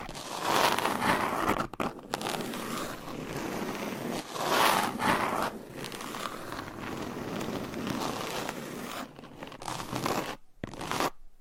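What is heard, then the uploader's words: Dry scratching of long nails across a textured surface, a dense raspy rustle that keeps going with brief swells around one, four and six seconds. A few sharp gaps break the sound near two seconds and again near ten to eleven seconds, with no speaking. ASMR Surface Scratching - Tapping - Tracing Hypnotic Asmr No Talking for Sleep with Long Nails.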